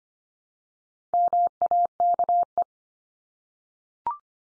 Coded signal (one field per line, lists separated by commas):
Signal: Morse code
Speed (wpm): 25 wpm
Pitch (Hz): 700 Hz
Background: none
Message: MAKE